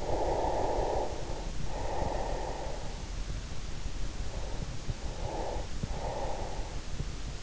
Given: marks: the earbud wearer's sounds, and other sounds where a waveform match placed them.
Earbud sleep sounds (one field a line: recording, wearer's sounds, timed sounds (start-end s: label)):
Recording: sounds in sleep by an in-ear microphone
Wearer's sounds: breath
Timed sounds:
0.00-3.22 s: breath
4.54-7.14 s: breath